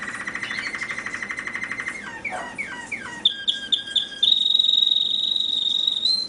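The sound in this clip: American singer canary song opening with a steady rolling trill, then swooping chirps, a run of quick clipped notes and a long high whistled note that rises slightly at the end.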